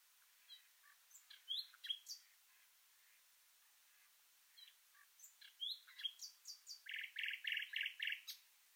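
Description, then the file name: Common nightingale song with scattered sharp chirps and quick downward sweeps, followed by a fast, rattling series of buzzy repeated notes near the end. "Luscinia megarhynchos"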